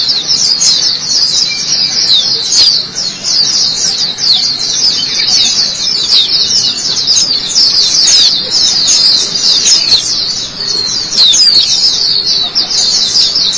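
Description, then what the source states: White-eye song, a continuous rapid twittering of high, thin notes with quick downward slurs, running without pause through the whole stretch. Chirping song.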